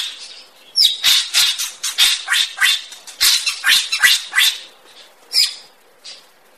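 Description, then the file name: Greater racket-tailed drongo delivering a rapid, irregular series of grating, noisy notes that trail off into quieter scattered calls. "tieng cheo beo duoi co hot"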